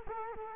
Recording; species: mosquito wingbeat signal from an infrared sensor; Culex quinquefasciatus